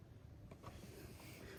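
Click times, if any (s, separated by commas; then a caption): none. A stripped copper wire is pushed into the push-in (backstab) terminal on the back of a wall outlet, with only low background noise and a couple of faint brief sounds around 0.5 s and 0.7 s. The wire does not lock and just slides in and out, so nothing has seated or clicked yet.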